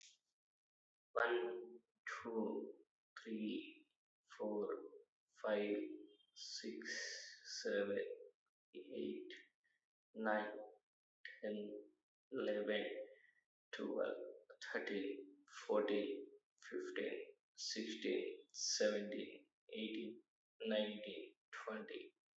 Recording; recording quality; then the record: counting at a normal pace; excellent, no background noise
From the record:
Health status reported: healthy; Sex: male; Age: 25 years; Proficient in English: no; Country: India